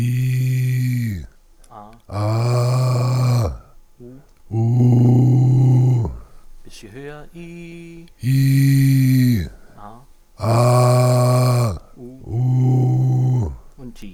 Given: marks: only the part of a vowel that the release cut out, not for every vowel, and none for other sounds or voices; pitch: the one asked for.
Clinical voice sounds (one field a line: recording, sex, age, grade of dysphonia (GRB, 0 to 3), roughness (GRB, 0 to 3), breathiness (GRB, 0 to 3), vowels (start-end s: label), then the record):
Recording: sustained vowels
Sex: male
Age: 60 to 69 years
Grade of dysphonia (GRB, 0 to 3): 2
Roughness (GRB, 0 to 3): 2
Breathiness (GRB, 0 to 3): 2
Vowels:
0.00-1.01 s: vowel /i/, normal pitch
2.30-2.89 s: vowel /a/, normal pitch
4.75-5.89 s: vowel /u/, normal pitch
8.49-9.26 s: vowel /i/, high pitch
10.53-11.61 s: vowel /a/, high pitch
12.37-13.28 s: vowel /u/, high pitch
From the record:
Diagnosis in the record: recurrent laryngeal nerve paralysis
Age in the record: 61 years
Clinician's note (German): Strumiprive, links mit unvollständiger Kompensation (schlaff)